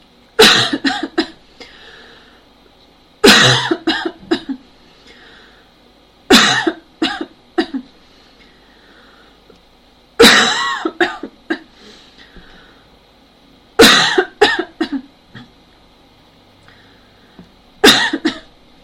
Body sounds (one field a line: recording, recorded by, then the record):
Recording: voluntary cough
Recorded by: messaging app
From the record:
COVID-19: negative